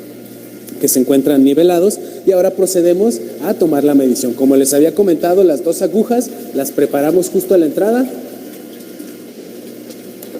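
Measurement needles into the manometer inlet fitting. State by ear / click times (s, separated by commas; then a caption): seated / 10.2 s. In a fluid mechanics lab, two measurement needles are pushed into the inlet fitting of the flow setup feeding a mercury/water manometer. Someone talks from about 0.8 to 8 s over a steady low background. A short, small click at 10.2 s marks the needle connector seating, after which the manometer column heights change.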